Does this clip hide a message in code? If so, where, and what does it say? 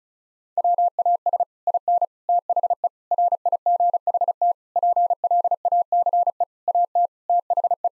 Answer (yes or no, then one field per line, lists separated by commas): yes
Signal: Morse code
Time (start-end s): 0.6-7.9 s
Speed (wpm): 36 wpm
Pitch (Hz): 700 Hz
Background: none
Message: WAS IN THE RIGHT PLACE AT THE